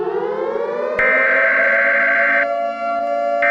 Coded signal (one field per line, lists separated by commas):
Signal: Emergency Alert System (SAME) tones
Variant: header bursts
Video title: EAS Scenario - Possessed II